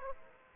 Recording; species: mosquito wingbeat signal from an infrared sensor; Aedes aegypti